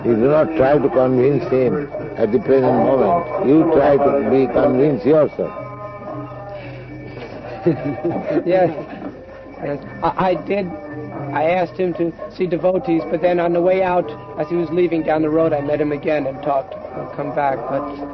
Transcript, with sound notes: You do not try to convince him at the present moment. You try to be convinced yourself.
(laughs) Yes, yes. I did... I asked him to see devotees, but then on the way out as he was leaving down the road I met him again and talked, “Come back,” but...